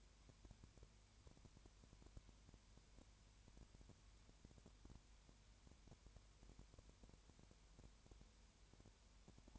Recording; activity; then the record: daily activity, microphone in the room; no activity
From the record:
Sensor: 2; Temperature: 20.3 degrees Celsius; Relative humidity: 33.8%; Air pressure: 1003.1 hPa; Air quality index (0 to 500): 83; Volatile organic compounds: 1 ppm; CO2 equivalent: 789 ppm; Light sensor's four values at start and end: 2/3/2/2 and 2/3/2/2